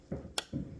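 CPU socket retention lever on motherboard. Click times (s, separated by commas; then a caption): 0.4 s. A CPU sits in a motherboard socket while the metal retention bracket and lever are pushed down until they lock. Low, muffled handling noise comes before and after a single sharp, bright click at 0.4 s. The lever latches and the CPU is locked into place.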